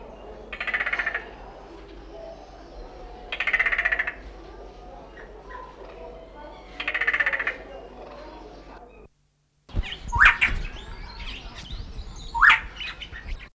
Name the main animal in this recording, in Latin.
Laniarius mufumbiri